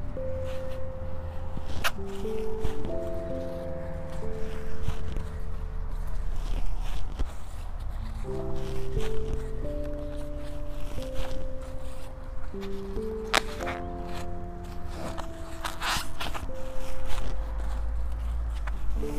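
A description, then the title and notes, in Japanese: Someone pokes holes in laid mulch film with a stick and sets seedlings into the soil one by one. Scattered crinkles, taps and footstep-like scuffs come irregularly, with sharper snaps near 2, 13 and 16 seconds, over a steady, gently stepping melody underneath. サツマイモのツル苗を植えていきます。あらかじめ張っておいたマルチに棒で穴を開け、一本ずつ苗を置いたのち、土の中に挿していきます。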